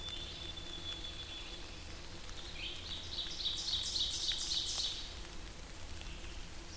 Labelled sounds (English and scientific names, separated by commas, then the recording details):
Ovenbird (Seiurus aurocapilla) song
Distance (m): 45 m
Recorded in boreal forest in Alberta, Canada, on 8 June 2016 at 08:58
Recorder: SongMeter 3, array SBT-3-9
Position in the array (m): 50 m, 107 m
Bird 33